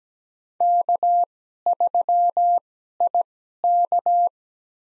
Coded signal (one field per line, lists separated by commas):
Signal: Morse code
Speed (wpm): 17 wpm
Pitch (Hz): 700 Hz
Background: none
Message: K3IK